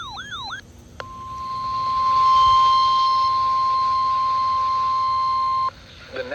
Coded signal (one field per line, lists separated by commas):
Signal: Emergency Alert System (SAME) tones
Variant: 1050 Hz attention tone